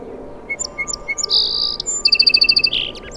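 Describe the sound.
Song sparrow song: three high introductory notes, a short buzzy trill, then a rapid run of bright repeated notes ending in a brief buzz.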